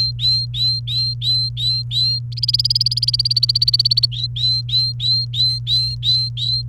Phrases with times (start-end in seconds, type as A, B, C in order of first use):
0.00-2.19 A, 2.32-4.06 B, 4.12-6.62 A